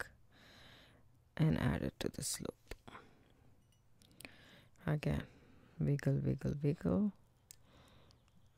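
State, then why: Seated. A metal jump ring holding an earring part on a memory wire earring loop is wiggled back and forth to close it while someone talks. Faint small clicks and taps come through between the speech. A sharp click at 7.5 seconds marks the ring clicking shut and secure.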